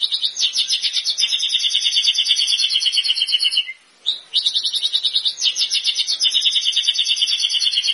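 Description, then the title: White-rumped shama song, rapid high pulsed trills repeated in long bursts, with a brief silence near four seconds before the trilling resumes. Actively singing white-rumped shama used as a lure to provoke a response from other shamas. "PANCINGAN MURAI BATU GACOR"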